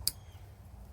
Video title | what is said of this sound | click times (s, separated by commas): Ford Mustang Purge Valve Install | push it on till you hear it click and that's basically the whole installation | 0.1 s